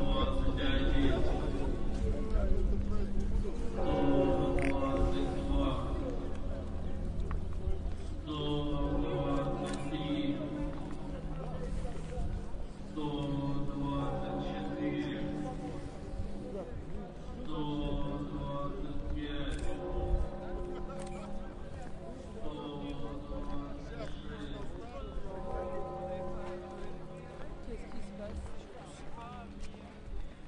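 On a large city square, a military rehearsal sounds out in loud, drawn-out calls every few seconds over a constant murmur of activity.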